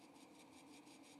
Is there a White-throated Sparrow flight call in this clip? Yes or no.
no